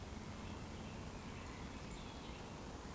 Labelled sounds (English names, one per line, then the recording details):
Eurasian Woodcock whistle
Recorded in Baden-Württemberg, Germany, on 12 June 2020 at 19:39 UTC
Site 14569, 102 m above sea level